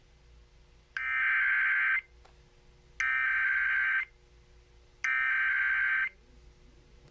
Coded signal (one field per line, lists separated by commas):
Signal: Emergency Alert System (SAME) tones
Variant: header bursts